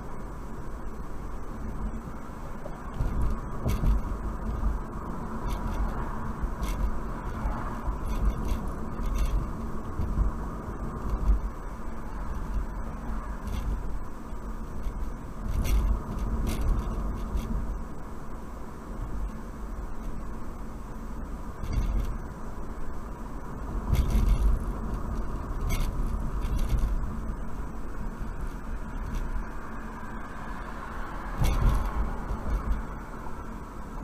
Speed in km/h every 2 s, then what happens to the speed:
56, 56, 58, 58, 56, 53, 55, 53, 53, 55, 55, 55, 53, 52, 50, 50, 50.
0-34 steady at about 55.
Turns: none.